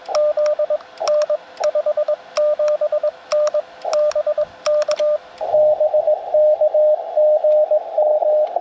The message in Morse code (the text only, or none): Z N 57N BK BK GM